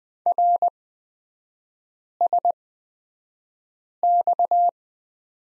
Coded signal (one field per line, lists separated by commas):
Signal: Morse code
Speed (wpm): 20 wpm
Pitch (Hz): 700 Hz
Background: none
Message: RSX